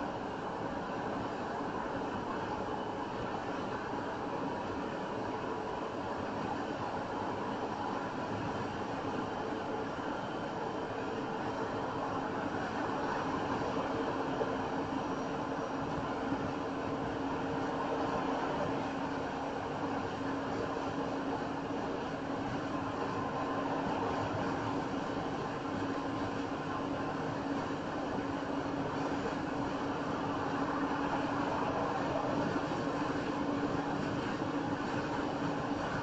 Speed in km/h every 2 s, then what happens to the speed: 87, 89, 89, 90, 90, 92, 92, 93, 93, 93, 95, 95, 97, 95, 97, 97, 98, 98.
0-36 speeds up to 98.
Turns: none.